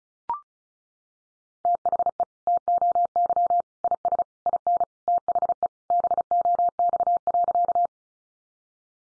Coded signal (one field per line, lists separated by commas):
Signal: Morse code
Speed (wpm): 34 wpm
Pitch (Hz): 700 Hz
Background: none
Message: THE TOY IS IN THE BOX.